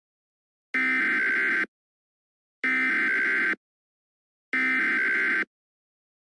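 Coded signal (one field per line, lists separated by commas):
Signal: Emergency Alert System (SAME) tones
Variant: header bursts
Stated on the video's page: Mock EAS alert, not real: severe thunderstorm warning for Bullitt and Jefferson counties, Kentucky, and Harrison County, Indiana.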